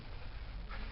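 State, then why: Not seated. A fluorescent light fixture's snap clip is pushed onto its mounting hanger during a fitting job, giving a steady low rustle of handling with a brief brighter scrape near 0.7 seconds. Nothing has seated or clicked yet; the clip ends just before the part goes home.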